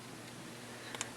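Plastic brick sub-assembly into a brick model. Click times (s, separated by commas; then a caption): 0.9 s, 1.0 s. A small assembly of plastic bricks, a 1x1 brick with a side stud and a slope on top, is pressed into a brick model and snaps into place. Against a steady low background, two short, bright clicks are heard at 0.9 and 1.0 seconds, the second one louder, as the piece seats.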